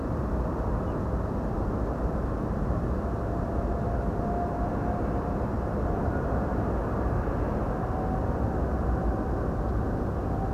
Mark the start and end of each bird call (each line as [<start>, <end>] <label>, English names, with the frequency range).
[0.86, 0.94] Ortolan Bunting (2.3-3.1 kHz)